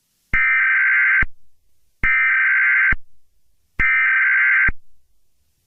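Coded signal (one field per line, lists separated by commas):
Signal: Emergency Alert System (SAME) tones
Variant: header bursts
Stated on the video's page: Fictional EAS scenario containing valid tones, with sirens.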